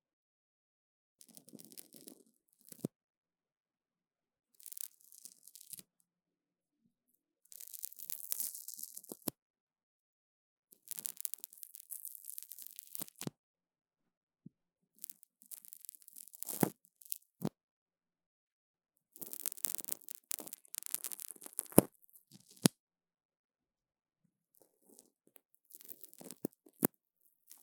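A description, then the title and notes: Sticky sounds come in bursts of peeling and tearing, each lasting one to three seconds and separated by short silences. The rips are crackly and bright, with sharp snaps that often end a burst, roughly every four seconds across the clip. 黏答答的聲音 | Sticky Sounds. No Talking.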